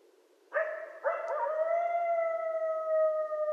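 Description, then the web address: Coyote howl: a brief yelp, then a long steady tone held for over two seconds, slightly falling at the end. Several coyotes; recorded 12 November 2012. "Coyote 2012 11 12 Coyotes"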